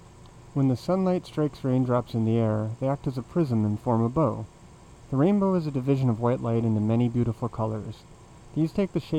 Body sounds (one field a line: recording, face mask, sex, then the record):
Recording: reading aloud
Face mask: surgical mask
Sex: male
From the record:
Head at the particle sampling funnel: facing it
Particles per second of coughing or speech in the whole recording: 0.242